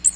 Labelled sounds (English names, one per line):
Magnolia Warbler flight call